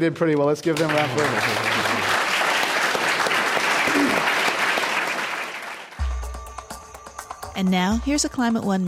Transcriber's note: applause